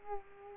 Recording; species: mosquito wingbeat signal from an infrared sensor; Culex quinquefasciatus